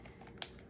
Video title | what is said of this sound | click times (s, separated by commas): Mengshen Decibel Meter Sound Level Meter 30-130dB B01CZFCRA8 | and snap into place | 0.4 s